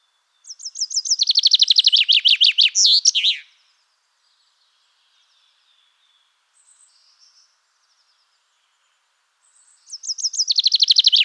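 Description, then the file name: Common chaffinch song: a loud, cascading trill of bright notes ending in a twisting flourish, then a pause with faint chirps before the next phrase begins. "Fringilla coelebs"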